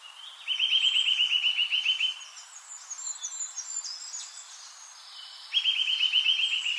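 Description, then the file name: Eurasian nuthatch calling in rapid trills of quick repeated whistled notes, one at the start and another near the end, with other birds chirping faintly between. "Sitta europaea"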